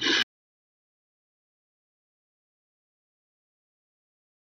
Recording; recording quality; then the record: shallow breathing; poor, much background noise or distortion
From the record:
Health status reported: healthy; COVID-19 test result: negative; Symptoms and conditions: none ticked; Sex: male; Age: 30 years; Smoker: not ticked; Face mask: not worn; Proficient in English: yes